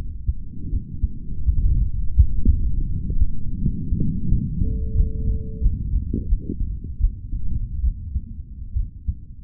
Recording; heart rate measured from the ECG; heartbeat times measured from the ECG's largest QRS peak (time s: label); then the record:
heart sounds by stethoscope; 82 bpm
0.70 s: heartbeat
1.44 s: heartbeat
2.15 s: heartbeat
2.87 s: heartbeat
3.58 s: heartbeat
4.27 s: heartbeat
4.94 s: heartbeat
5.60 s: heartbeat
6.27 s: heartbeat
6.98 s: heartbeat
7.81 s: heartbeat
8.73 s: heartbeat
From the record:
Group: healthy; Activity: rest 0-5 s, breath hold 5-9 s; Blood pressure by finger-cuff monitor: 129/71 mmHg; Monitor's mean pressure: 89 mmHg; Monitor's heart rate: 83 bpm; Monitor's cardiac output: 4.6 L/min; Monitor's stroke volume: 55 mL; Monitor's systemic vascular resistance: 1330 dyn s/cm5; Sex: male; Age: 55 years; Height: 167 cm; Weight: 57.2 kg